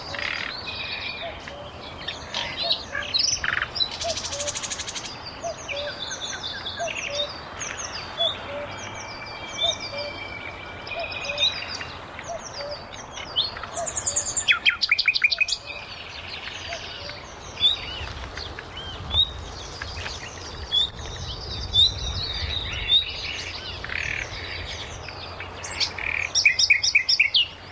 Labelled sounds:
Common Cuckoo call

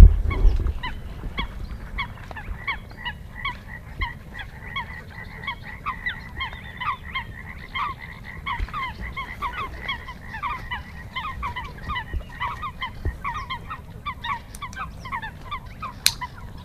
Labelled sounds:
Spotted Crake

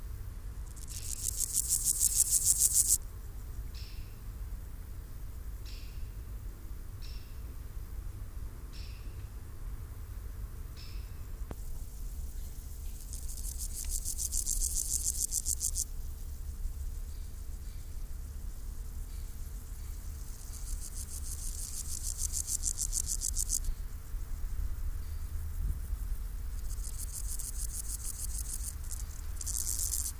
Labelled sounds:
Water-meadow Grasshopper stridulation

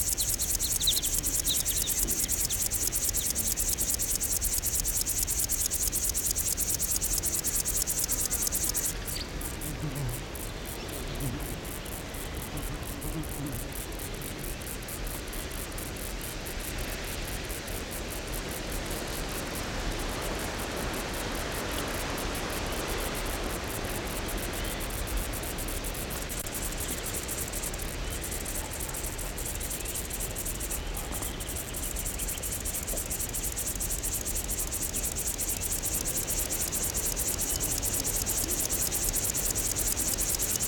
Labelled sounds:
Upland Field Grasshopper stridulation

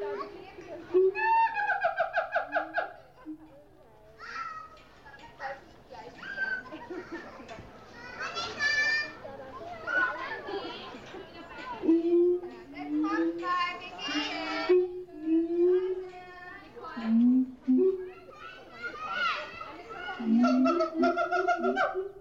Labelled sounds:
Siamang

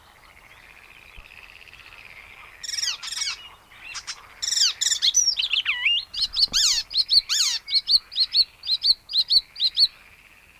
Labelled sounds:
Icterine Warbler song

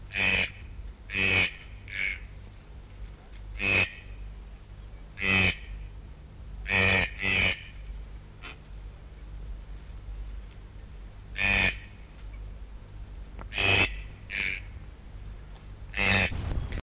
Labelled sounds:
Green-billed Toucan call

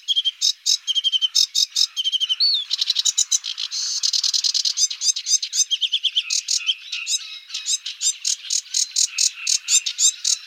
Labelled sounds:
Sedge Warbler song

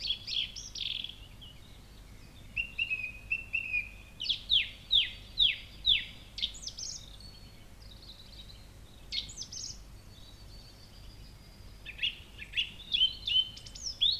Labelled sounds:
Song Thrush song

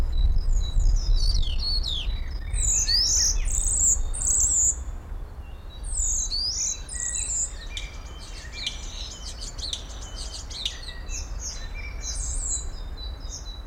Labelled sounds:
European Starling

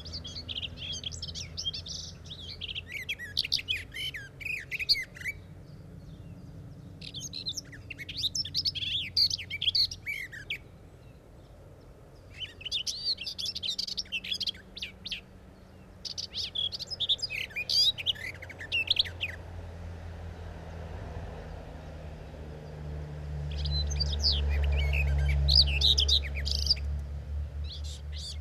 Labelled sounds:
Garden Warbler song

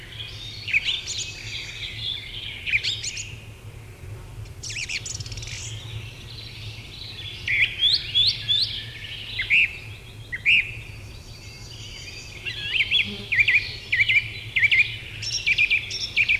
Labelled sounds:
Song Thrush song

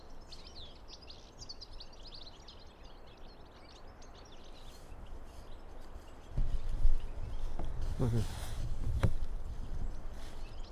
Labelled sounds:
European Goldfinch call

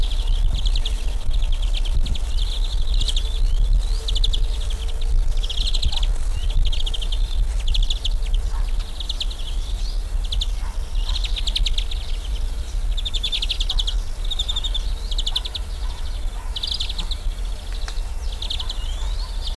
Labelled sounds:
European Greenfinch

